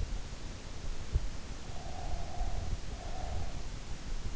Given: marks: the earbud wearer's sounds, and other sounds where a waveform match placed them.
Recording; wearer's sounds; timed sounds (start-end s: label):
sounds in sleep by an in-ear microphone; breath
1.06-3.59 s: breath